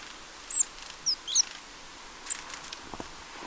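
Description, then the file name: Eurasian blue tit uttering a few high, thin, slightly slurred call notes in quick succession, then one brief note, against quiet hiss. "Cyanistes caeruleus"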